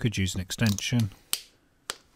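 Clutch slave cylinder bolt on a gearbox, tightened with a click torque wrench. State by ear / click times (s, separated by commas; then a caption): torque reached / 1.3 s, 1.9 s. Someone talks while tightening the second, harder-to-reach clutch slave cylinder bolt on the gearbox of a MINI R50 to 24 Nm with a click-type torque wrench, as there is less room there. The wrench gives sharp clicks at 1.3 s and 1.9 s, and the bolt is confirmed done at its torque setting.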